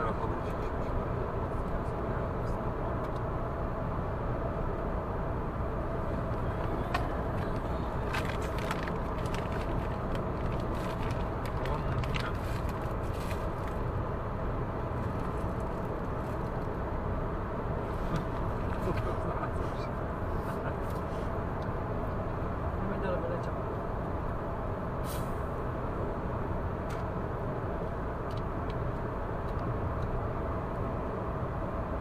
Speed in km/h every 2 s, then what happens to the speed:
106, 106, 106, 106, 106, 106, 107, 107, 107, 107, 107, 107, 107, 107, 107, 107.
0-32 steady at about 107.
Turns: none.